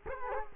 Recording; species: mosquito wingbeat signal from an infrared sensor; Culex quinquefasciatus